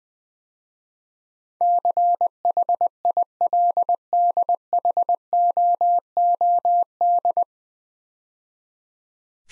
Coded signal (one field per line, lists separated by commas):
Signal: Morse code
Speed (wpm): 20 wpm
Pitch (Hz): 700 Hz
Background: none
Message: CHILDHOOD